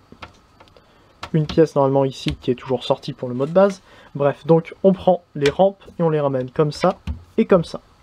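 The plastic ramps of a Transformers Siege Titan Omega Supreme transforming toy are folded back toward the toy base, with a few small plastic ticks near the start while someone talks throughout. Nothing has seated or clicked into place yet; the ramps clip only lightly, not holding strongly but not moving afterwards.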